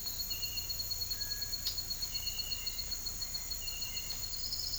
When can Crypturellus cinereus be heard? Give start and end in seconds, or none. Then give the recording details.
1.10-1.55, 3.17-4.24. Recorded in pastures near Puerto Asís, Putumayo, Colombia, on 8 March 2025 at 07:00. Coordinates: 0.472, -76.329. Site G074